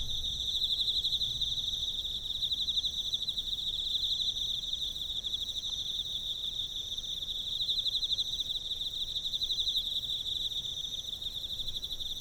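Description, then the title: Emma field cricket producing a rapid, continuous high pulsing trill, with fainter shrill insect calls overlapping and a calm background. Recorded with a ZOOM F6 recorder and a Sennheiser MK microphone. "エンマコオロギ"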